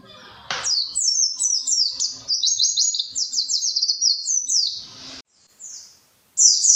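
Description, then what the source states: White-eye song: a long, fast series of high, descending chirps delivered in a steady rolling run, with faint low background noise. Pleci (white-eye) songs; the song style is described as ngalas ngeroll.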